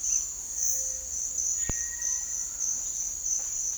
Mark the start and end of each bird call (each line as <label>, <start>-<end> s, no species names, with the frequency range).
bird call (1.5-2.3 kHz), 1.59-2.43 s